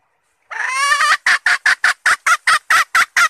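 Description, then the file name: Red junglefowl hen uttering a sustained harsh note that breaks into a steady series of about ten short, loud cackles. Hen calling to find a mate. "tieng ga rung mai keu tim kiem ban tinh"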